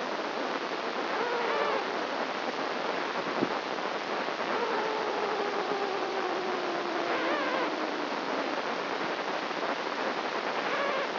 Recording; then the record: brain microelectrode recording played as sound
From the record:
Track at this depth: outside the subthalamic nucleus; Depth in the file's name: 1.006 mm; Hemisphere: right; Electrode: 2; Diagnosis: Parkinson's disease